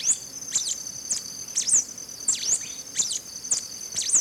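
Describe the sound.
Black-capped Warbling Finch repeating high, sharp call notes about three per second, many slurring downward, with a steady shrill insect chorus throughout.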